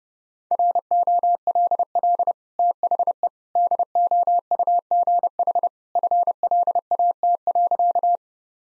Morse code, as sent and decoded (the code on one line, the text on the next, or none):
.-. --- .-.. .-.. / - .... . / -.. --- ..- --. .... / ..-. .-.. .- - .-.-.-
ROLL THE DOUGH FLAT.